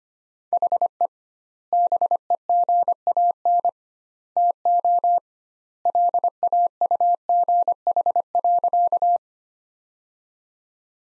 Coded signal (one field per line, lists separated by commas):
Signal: Morse code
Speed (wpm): 25 wpm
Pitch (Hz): 700 Hz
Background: none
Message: HE BEGAN TO LAUGH.